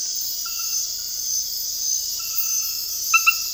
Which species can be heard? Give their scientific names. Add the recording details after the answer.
none. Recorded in dense forest near Puerto Asís, Putumayo, Colombia, on 18 February 2024 at 04:00. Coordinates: 0.485, -76.318. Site G6408